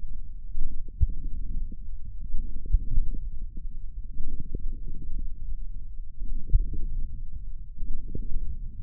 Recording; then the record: forearm muscle sounds (acoustic myography)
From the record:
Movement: wrist extension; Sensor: system 1, eight BSWA MPA416 microphones around the upper forearm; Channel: 8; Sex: male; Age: 42 years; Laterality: right